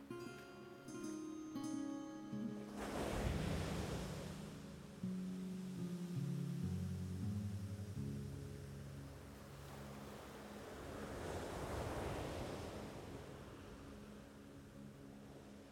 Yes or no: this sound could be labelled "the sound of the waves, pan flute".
yes